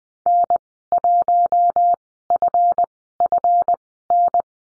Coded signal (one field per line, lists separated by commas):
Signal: Morse code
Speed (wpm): 20 wpm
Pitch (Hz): 700 Hz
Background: none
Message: N1FFN